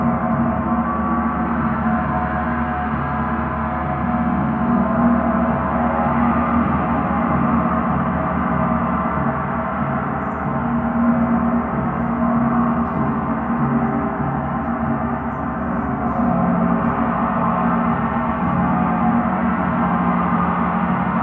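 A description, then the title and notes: A gong hums in a dense, sustained wash of ringing tones, steady, with a low pulsing shimmer and no sharp strikes. One Hour Gong Meditation.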